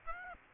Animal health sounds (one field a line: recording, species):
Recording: mosquito wingbeat signal from an infrared sensor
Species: Aedes aegypti